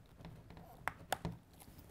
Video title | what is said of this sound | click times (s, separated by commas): MAKITA Makes The BEST Drywall Tools - NEW Cordless Drywall Sander Unboxing! | you have a little click hear that boom you're ready to go | 0.9 s